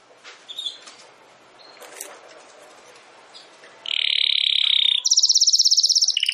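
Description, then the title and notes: Domestic canary song: after a few seconds of faint background noise, a loud rolling trill begins, then switches to a higher rapid pulsed tour. Belgian canary singing; recording labelled Campainha. "Canário Belga Campainha Canary Singing. Canario Belga Cantando"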